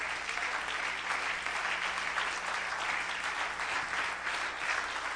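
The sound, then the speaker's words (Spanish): A church audience applauds for Christ during a sermon, a dense, sustained wash of clapping hands that stays loud and even for several seconds with no voices rising above it. “Y que el aplauso sea fuerte, grande y largo en lo que ellos cambian esas cosas allá.”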